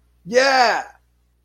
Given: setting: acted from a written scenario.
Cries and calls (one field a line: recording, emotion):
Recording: vocal sound without words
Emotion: pride